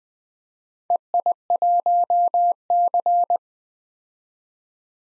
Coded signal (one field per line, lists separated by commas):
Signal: Morse code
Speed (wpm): 20 wpm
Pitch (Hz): 700 Hz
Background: none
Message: EI1C